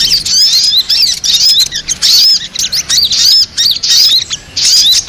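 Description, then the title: Little Spiderhunter song: quick series of high arched whistled notes repeated in brisk phrases with brief breaks. Masteran recording, used for training songbirds. "Masteran Burung Sogok Ontong Labaik"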